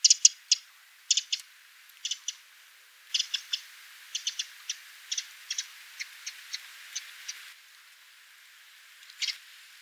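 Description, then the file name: Eurasian wren calls: hard, dry ticking notes in short clusters, then a longer irregular series of sharp clicks, a pause, and one last tick. "Troglodytes troglodytes"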